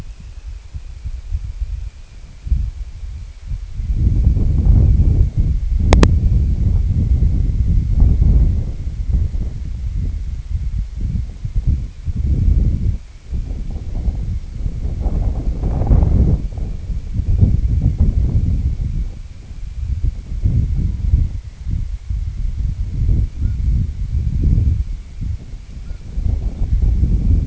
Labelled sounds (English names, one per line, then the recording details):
unidentified sound
Common Raven
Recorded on Arctic tundra, site IGLO-D, on 25 June 2018
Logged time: 08:00